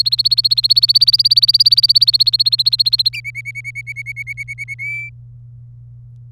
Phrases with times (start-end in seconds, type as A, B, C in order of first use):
0.00-3.09 A, 3.13-4.74 B, 4.79-5.09 C